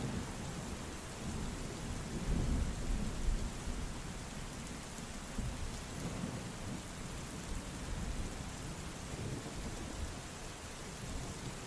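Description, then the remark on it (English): Low, rolling thunder rumbles through a steady downpour of rain, swelling louder around the early seconds before settling into a continuous hiss of rainfall with deep murmurs underneath. “the beast roared and boomed its cries of thunder, which echoed off every surface for miles around.”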